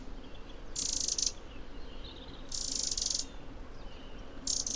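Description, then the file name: Eurasian wren gives three short, dry, grating rattles, the last cut off at the end, over low background noise. "Troglodytes troglodytes"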